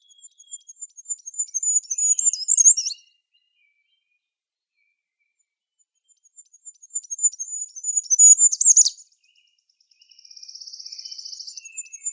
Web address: Schulze Peter Goldcrest song